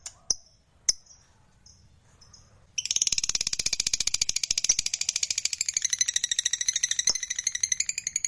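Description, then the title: Lovebird song: a few shrill chirps, then a long, rapid, continuous buzzy chatter of high squeaky notes pulsing steadily to the end. Lovebird described as a fighter bird singing energetically (gacor). "Berkat SUARA Lovebird FIGHTER GACOR Ini"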